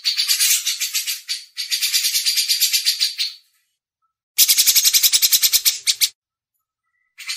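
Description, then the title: Grey-cheeked bulbul producing fast, harsh, buzzy note series in several bursts separated by silences. Masteran training audio. "MASTERAN CUCAK JENGGOT"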